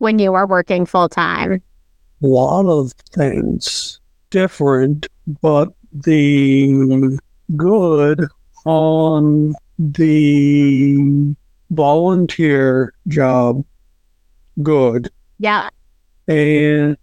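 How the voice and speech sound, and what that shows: After a brief question, a man, a parent and former engineer with aphasia after a stroke, answers in halting, fragmentary phrases with long pauses and drawn-out fillers, typical of nonfluent aphasia.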